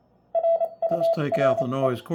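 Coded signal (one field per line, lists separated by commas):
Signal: Morse code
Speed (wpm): 28 wpm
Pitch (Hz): 690 Hz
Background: speech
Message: RURE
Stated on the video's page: Morse received on an HQ-110A receiver through a TMC GSB-1 SSB adapter.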